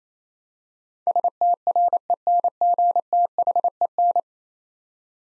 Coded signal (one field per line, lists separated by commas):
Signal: Morse code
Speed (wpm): 28 wpm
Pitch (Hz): 700 Hz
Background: none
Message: STRENGTHEN